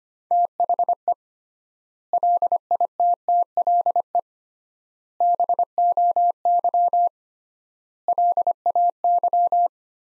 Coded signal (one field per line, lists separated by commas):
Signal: Morse code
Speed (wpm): 25 wpm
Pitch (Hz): 700 Hz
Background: none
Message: THE LITTLE BOY LAY